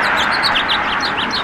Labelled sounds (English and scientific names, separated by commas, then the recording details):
House Finch (Haemorhous mexicanus) song
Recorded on Long Island, New York, on 23 June 2012
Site JA
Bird A